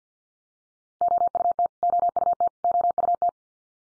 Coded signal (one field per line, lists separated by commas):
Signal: Morse code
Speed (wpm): 48 wpm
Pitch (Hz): 700 Hz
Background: none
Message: OUT OUT OUT